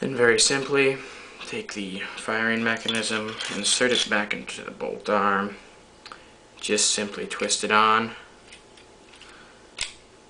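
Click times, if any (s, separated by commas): 9.8 s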